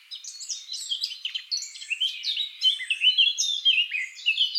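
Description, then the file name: Eurasian blackcap song: a continuous, high, scratchy warble of quick varied notes, swelling in short bursts over nearly five seconds with no other clear sounds. "Sylvia atricapilla"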